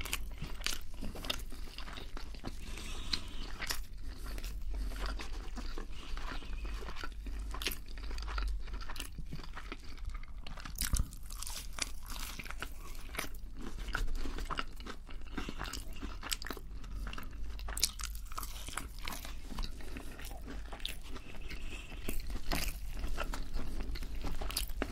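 Mukbang eating with steady crunching and chewing for the whole stretch. Crisp bites snap out every second or so, packed between wetter chewing sounds, with a constant low hum underneath and no pauses in the eating.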